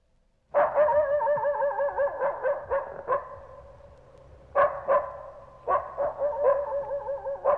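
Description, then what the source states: Coyote yipping and warbling howls, bursts of quavering yelps from several animals that start abruptly, fade, then surge again twice. Pack howling.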